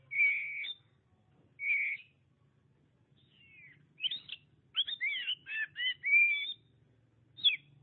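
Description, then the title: Oriental magpie-robin song: two clear sustained whistles, then a run of swooping, rising and falling whistled notes and chatter, ending in a sharp downslur. "Suara Kicauan Burung Kacer Durasi Panjang"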